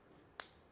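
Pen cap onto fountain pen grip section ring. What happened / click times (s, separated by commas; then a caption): The pen cap clicked shut onto the grip / 0.4 s. The cap of a vintage Parker fountain pen is pushed shut, its three metal claws inside gripping the metal ring at the grip section. A single sharp, bright click sounds at 0.4 s against near silence. The cap clicks fully shut and is held in place.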